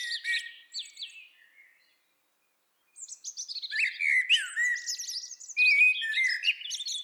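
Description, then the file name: Common blackbird song: warbled whistles with a thin twittery flourish, an one-second pause, then a denser phrase of fluted notes and high squeaks. "Turdus merula"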